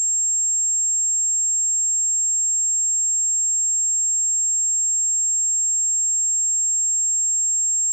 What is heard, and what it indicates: Loopable Tinnitus.